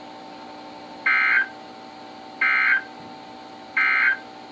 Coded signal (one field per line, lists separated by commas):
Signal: Emergency Alert System (SAME) tones